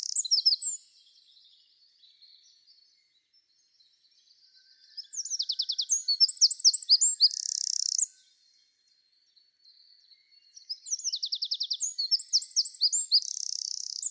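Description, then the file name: Eurasian wren song: a brief phrase at the start, then two loud bursts of shrill, rapid trills and twittering separated by a quiet pause, the second running to the end. "Troglodytes troglodytes"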